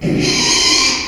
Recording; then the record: squeal of a Yucatan mini pig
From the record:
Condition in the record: after surgery on the right vocal fold (resection and tissue-engineered implant); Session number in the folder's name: 2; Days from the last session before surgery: 13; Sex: male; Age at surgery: 12 weeks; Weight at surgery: 13 kg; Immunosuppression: cyclosporine, prednisolone